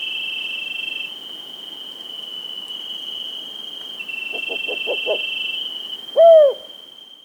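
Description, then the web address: Rufous-banded owl giving a quick run of five low pulsed hoots, then a louder arched hooting note, over a steady high insect drone. Recorded in South America. "Natures Songs S America Rufous-Backed Owl"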